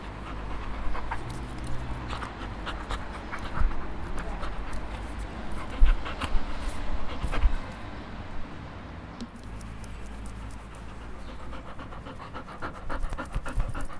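Dog breathing and panting, bursts of quick huffs with some louder thumps, then steadier rapid panting toward the end.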